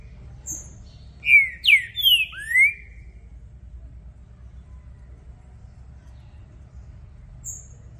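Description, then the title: Green-winged saltator singing four strong whistled notes in quick succession, with faint high chips before and after. Song used to warm up a contest bird and get it singing; a feisty bird switching through various song types. "Esse É PERFEITO Para ESQUENTAR Seu TRINCA Piando, Cantando E Macheando Na DISPUTA. Trinca Ferro VALENTE! VIRANDO VARIOS TIPOS DE CANTOS!! Melhor para ABRIR O CANTO!!"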